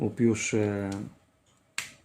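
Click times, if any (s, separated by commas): 1.8 s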